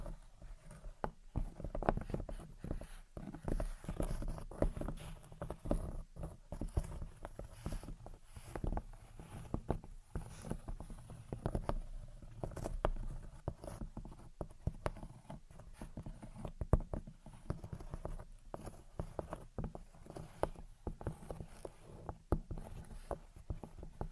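Gentle tapping and scratching runs throughout, made of soft, quick clicks and taps scattered densely across the whole span with no long pauses. Beneath the taps sits a low, steady rumble, while faint scratchy rustling fills in between the sharper strikes.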